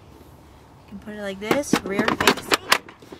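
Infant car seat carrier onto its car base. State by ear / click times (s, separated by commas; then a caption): seated / 2.5 s. A Nuna Pipa Lite R rear-facing infant car seat carrier is lowered onto its installed car base while someone talks. A sharp click at 2.5 seconds marks the carrier latching, and it is seated on the base.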